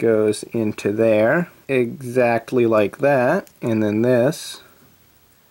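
A plastic model kit piece is handled against its mating piece while someone talks throughout. No click is heard, and nothing has seated or clicked yet.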